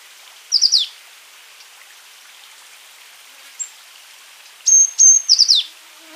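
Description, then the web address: Azure tit calls: short high bursts of descending notes near the start and again near the end, with a thin whistled note between. "wroblowe ptaki cyanistes cyanus"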